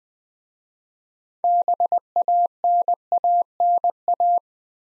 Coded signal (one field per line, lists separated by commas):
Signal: Morse code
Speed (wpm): 20 wpm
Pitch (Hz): 700 Hz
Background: none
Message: BANANA